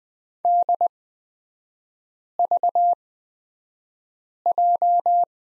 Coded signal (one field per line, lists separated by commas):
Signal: Morse code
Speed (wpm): 20 wpm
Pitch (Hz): 700 Hz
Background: none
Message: DVJ